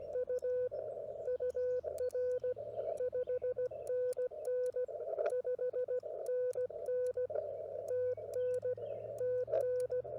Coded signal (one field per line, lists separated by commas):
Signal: Morse code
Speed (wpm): 17 wpm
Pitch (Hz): 1500 Hz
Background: radio noise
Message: U UR 5NN 5NN TN TN